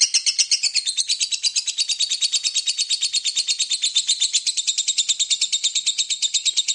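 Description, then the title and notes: Lovebird chattering song, a rapid rattling run of shrill notes continuing without pause. Lovebird in ngekek song style, used as a lure song (kicau pancingan). "suara Lovebird ngekek, kicau pancingan"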